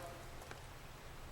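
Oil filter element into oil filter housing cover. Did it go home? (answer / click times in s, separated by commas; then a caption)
yes / 0.5 s. A paper oil filter element for a VW Golf 2.0 TDI is pushed down, bottom end first, into the plastic oil filter housing cover. A single short, sharp click is heard at 0.5 s over a quiet background, and the element snaps into place, seated in the cover.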